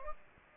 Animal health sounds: mosquito wingbeat signal from an infrared sensor; Aedes aegypti

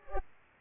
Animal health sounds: mosquito wingbeat signal from an infrared sensor; Culex pipiens

